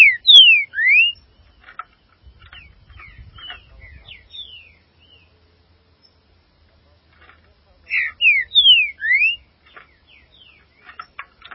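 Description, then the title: Green-winged saltator song: a loud phrase of sliding whistles opens, soft chips and short notes follow, and the bold whistled phrase returns about eight seconds later. "Trinca Ferro"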